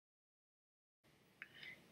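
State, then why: Seated. A plastic sliding block is pressed onto a print head shaft of an Ultimaker S5/S7 3D printer, kept straight up and down rather than tilted. After a second of silence, a faint background hiss starts, and a single sharp click comes at 1.4 s as the block seats on the shaft. A brief higher-pitched squeak follows.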